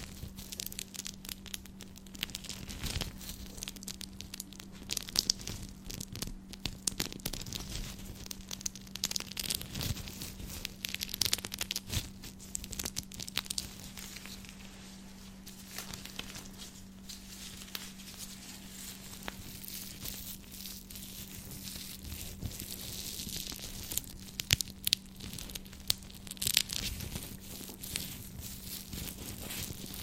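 Gloved scratching makes dense, irregular rough strokes and crackly ticks throughout, over a steady low hum that never changes.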